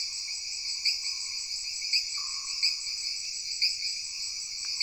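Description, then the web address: Insect chorus of steady high-pitched shrilling with regular pulsed accents and soft lower notes beneath. Jungle background ambience. "Sony Pictures Sound Effects Series Backgrounds Jungle Insects With Frogs"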